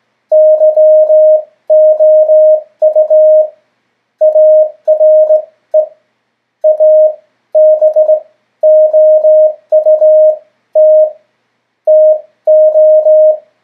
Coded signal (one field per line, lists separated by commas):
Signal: Morse code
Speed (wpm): 18 wpm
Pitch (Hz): 620 Hz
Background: none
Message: YOU ARE ABOUT TO